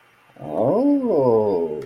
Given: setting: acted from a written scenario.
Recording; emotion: vocal sound without words; interest